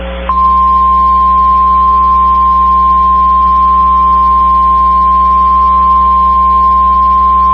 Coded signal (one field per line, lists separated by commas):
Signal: Emergency Alert System (SAME) tones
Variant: 1050 Hz attention tone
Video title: Oklahoma Says Hi Again... | EAS Alerts from March 23rd, 2023 (EAS #2438-2465)